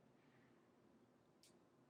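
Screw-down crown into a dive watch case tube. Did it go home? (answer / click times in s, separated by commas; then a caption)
yes / 1.4 s. A metal screw-down crown on a Longines Hydro Conquest dive watch is screwed by hand into the case tube, its thread engaging before the midnight position. Over a steady low background noise, it gives one brief, bright high-pitched snap at 1.4 s as it seats just after midnight. The result is judged not bad.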